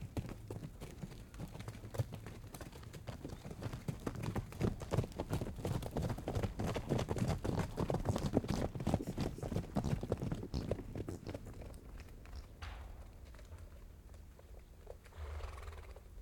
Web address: Systematic Sound - General Ambience Series - Rural Countryside 01 AMBFarm Ranch Horse Pasture Snorting Chewing Trotting